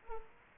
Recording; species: mosquito wingbeat signal from an infrared sensor; Culex quinquefasciatus